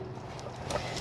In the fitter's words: and then you just push it back in the vehicle and you'll hear it click with the orange handle